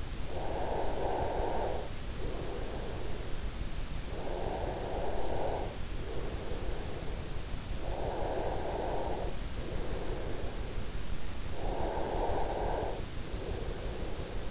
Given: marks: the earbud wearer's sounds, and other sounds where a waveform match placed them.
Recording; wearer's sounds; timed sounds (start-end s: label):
sounds in sleep by an in-ear microphone; breath
0.45-3.45 s: breath
4.45-10.45 s: breath
11.45-14.45 s: breath